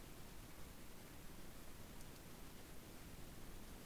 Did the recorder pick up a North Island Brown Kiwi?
no